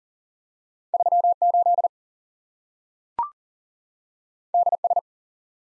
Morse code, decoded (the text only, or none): 3 8 D S